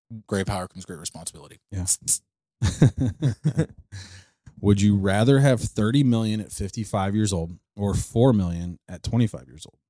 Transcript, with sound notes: Great power comes great responsibility.
Yes. (laughing)
Would you rather have 30 million at 55 years old or four million at 25 years old?